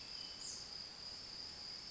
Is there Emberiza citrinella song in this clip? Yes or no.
no